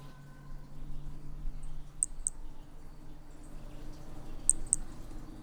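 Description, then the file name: Hermogenes' toadlet call: two pairs of very high, crisp clicks spaced a couple of seconds apart, above a low steady hum. Individual 01, example 01, at Picinguaba, Brazil, on 13 December 2017. "MHNCI Brachy hemogenesi Picinguaba ind 01 ex 01 sem detalhes 13 dez 2017"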